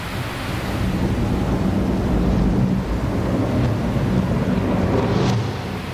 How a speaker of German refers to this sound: Dazu tobt der Sturm und der Regen gießt herab, den man eigentlich nicht mehr Regen nach unseren zahmen Begriffen nennen kann. Der Himmel bricht zusammen.